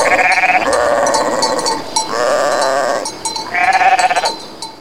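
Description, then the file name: Goat bleats: several long, quavering bleats in quick succession. "kozi"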